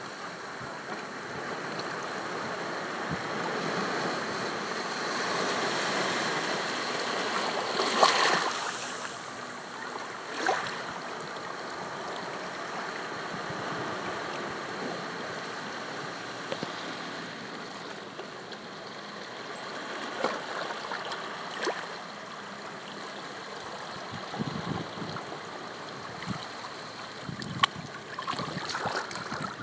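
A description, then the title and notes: Steady wash of water along a shoreline, a dense, hissing rush that stays fairly even throughout with gentle swells. Sharp splashes or clicks break through near 8, 10, 21 and 27 seconds, and a faint low engine hum suggests a boat. Shoreline Sounds at Mullet Bay, St. Martin. Dutch side of the island.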